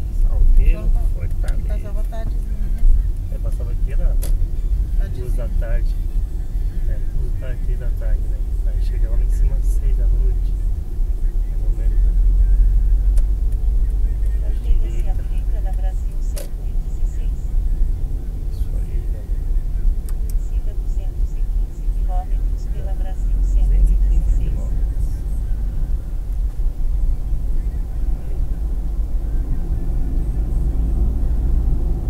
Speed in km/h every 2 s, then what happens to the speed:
36, 35, 37, 38, 39, 40, 42, 45, 44, 43, 43, 46, 50, 54, 58, 63.
0-14 speeds up to 45. 14-20 steady at about 43. 20-32 speeds up to 63.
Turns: none.